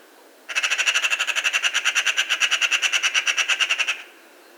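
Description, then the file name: Eurasian magpie giving a harsh, rattling chatter of many rapid, evenly spaced notes lasting about three and a half seconds, with faint background hiss. "Pica pica"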